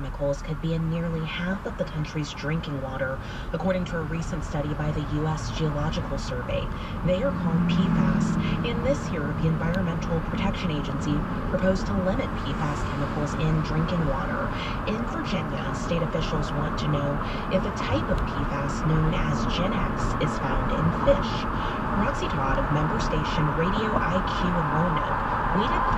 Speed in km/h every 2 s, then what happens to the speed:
8, 13, 19, 23, 27, 29, 32, 34, 37, 42, 45, 47, 47.
0-21 speeds up to 47.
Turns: none.